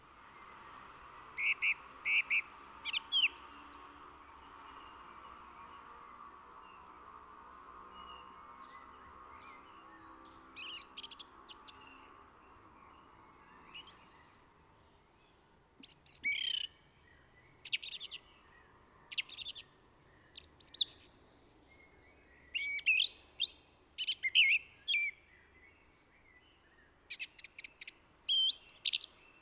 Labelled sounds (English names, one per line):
Song Thrush song